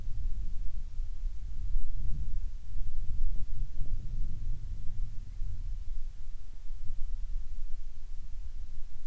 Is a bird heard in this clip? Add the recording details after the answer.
no. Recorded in the Arctic National Wildlife Refuge, Alaska, on 7 August 2019 at 08:18. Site 49